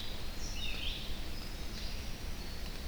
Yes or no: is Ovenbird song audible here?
no